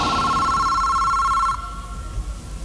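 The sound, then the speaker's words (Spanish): A telephone rings in one bright, buzzy burst lasting about a second and a half, then cuts off abruptly, leaving only a low background hum. “Lo voy a llamar por teléfono ahora mismo.”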